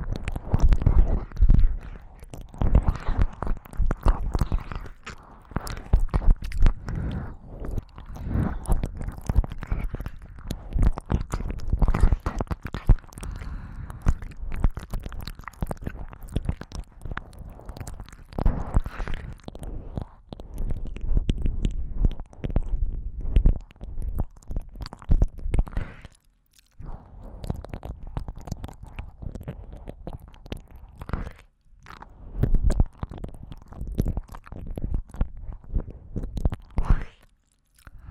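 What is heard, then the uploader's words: Wet ear licking fills the recording with dense squishy, smacking and slurping sounds, muffled and heavy in the low end. The sounds come in quick irregular bursts with brief pauses, notably near 26 and 31 seconds. ASMR×KU100 | 舔耳 | 耳舐め | Ear Licking | NO Talking.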